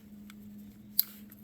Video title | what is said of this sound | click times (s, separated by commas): Elec connector zip tie hack - Scion coil pack | put this square box right over the little Notch you'll hear it click | 1.0 s